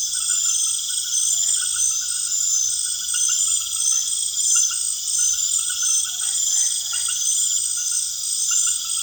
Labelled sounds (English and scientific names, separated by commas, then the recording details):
none
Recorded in secondary vegetation near Puerto Asís, Putumayo, Colombia, on 29 June 2025
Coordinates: 0.488, -76.319
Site G094